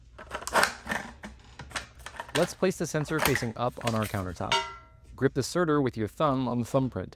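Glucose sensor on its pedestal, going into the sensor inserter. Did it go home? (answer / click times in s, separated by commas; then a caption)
no / none. A plastic Guardian 4 glucose sensor is taken from its package and set facing up on its pedestal on a countertop, ready for the sensor inserter to be pushed down onto it. Brief package and handling noises are heard around 0.4–0.9 s and 2.1–2.2 s while someone talks. Nothing has seated or clicked yet.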